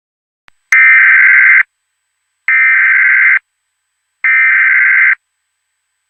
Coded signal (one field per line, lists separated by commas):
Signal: Emergency Alert System (SAME) tones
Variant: header bursts